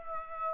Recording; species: mosquito wingbeat signal from an infrared sensor; Aedes aegypti